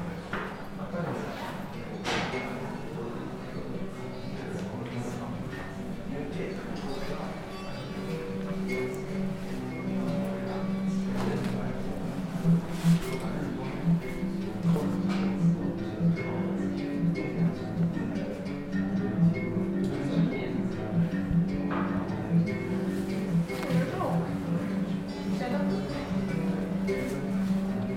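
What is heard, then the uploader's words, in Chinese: Sitting in a café: a steady murmur of many overlapping voices fills the whole stretch, over a constant low hum. Short bright clinks, like cups or cutlery, break through now and then, around 2 seconds, midway, and near the end. 坐在咖啡馆有点开心｜城市声音。北京地坛旁边 没有特地录说话声。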